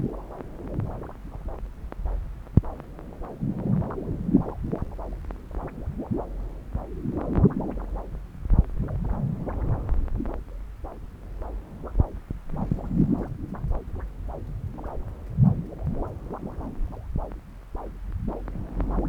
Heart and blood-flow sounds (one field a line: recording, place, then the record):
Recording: Doppler ultrasound of blood flow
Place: left subclavian vein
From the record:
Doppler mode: continuous wave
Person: adult scuba diver, at rest before a dive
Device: O'Dive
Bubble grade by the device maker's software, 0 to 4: 3